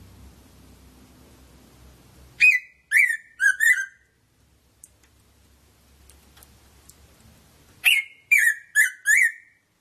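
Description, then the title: Red-throated parrotfinch calling in two bursts of three or four sharp, harmonic, downslurred notes, roughly five seconds apart. "Erythrura Psittacea"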